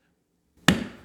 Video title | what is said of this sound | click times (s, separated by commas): Building The Ultimate Home Theater! EP2 - Projector and In-Wall Speaker Install | And then once it's past the vertical point, I push down on it. You can hear that click. | 0.7 s